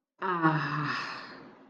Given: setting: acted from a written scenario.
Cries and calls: vocal sound without words; contentment

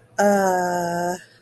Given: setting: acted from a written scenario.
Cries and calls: vocal sound without words; confusion

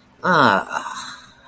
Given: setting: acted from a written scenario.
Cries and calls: vocal sound without words; contentment

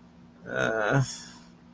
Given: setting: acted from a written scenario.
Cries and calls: vocal sound without words; shame

